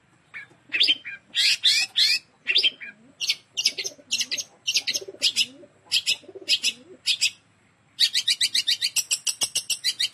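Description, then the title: Long-tailed shrike song of loud, harsh, buzzy high phrases in quick bursts, ending in a rapid rattling series; soft, low cooing runs underneath. Song described as kombinasi, a combination style. "Cendet Kombinasi"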